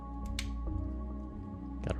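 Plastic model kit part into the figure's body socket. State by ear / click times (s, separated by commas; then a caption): seated / 0.4 s. During final assembly of a Flame Toys Furai Model Arcee plastic model kit, a plastic part is pushed firmly into the figure's body socket over steady background music. A sharp click at 0.4 s marks the part locking into place, and a fainter tick follows at 1.9 s.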